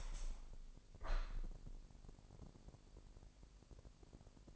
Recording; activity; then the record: daily activity, microphone in the room; open window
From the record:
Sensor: 5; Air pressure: 1000.4 hPa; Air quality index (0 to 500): 248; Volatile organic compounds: 35 ppm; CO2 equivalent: 3061 ppm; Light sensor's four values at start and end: 34/78/31/29 and 34/78/31/29